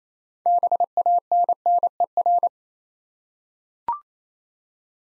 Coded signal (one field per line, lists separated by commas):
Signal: Morse code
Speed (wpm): 29 wpm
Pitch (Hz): 700 Hz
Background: none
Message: BANNER